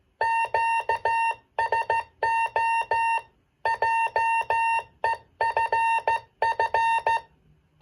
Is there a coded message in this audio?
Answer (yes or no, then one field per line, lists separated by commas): yes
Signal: Morse code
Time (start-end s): 0.2-7.2 s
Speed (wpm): 15 wpm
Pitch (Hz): 920 Hz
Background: none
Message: QSO JEFF